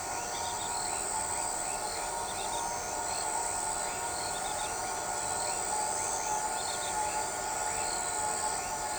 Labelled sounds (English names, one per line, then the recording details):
none
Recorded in shrubland near Pivijay, Magdalena, Colombia, on 13 April 2023 at 22:00
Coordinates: 10.453, -74.365
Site P5-G022